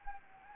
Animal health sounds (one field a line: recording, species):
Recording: mosquito wingbeat signal from an infrared sensor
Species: Anopheles gambiae